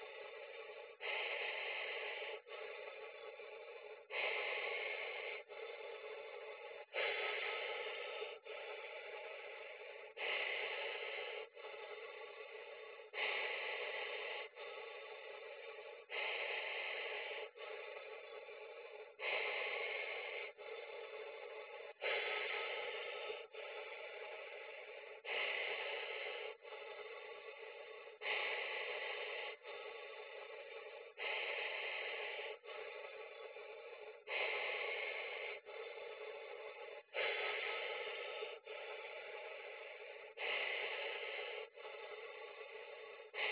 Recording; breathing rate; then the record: paced breathing near a phone; 20 breaths a minute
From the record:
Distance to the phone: 40 cm